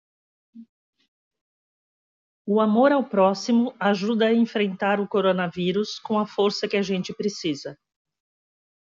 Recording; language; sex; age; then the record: spoken sentence; Brazilian Portuguese; female; 50 to 59 years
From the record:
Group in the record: control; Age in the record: 59 years